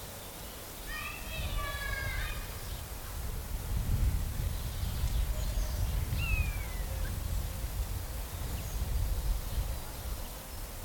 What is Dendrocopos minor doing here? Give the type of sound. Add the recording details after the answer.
drumming. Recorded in the wild. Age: adult. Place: Summt, Brandenburg, DE. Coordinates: 52.695, 13.3594. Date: 1985-04-05 12:42. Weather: sonnig, ca. 24°C. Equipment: Nagra SN, Kopie Uher 4000 Report Monitor. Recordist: Tembrock, Günter